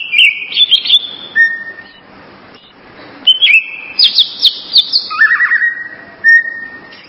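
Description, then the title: Greater green leafbird giving varied song: clear level whistles, quick chirping trills and rising notes in several short bursts, over a soft constant hiss. "Cucak ijo"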